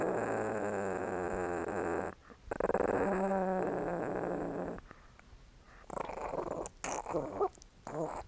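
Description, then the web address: Dog giving a low, steady rumbling growl for about two seconds, then a second throaty stretch, followed by wet licking and smacking noises. Small dog, growling and licking. "Sony Creative Software Sony Pictures Sound Effects Series Volumes 1-10 Volume 1 Animals Dog Small Growling Licking"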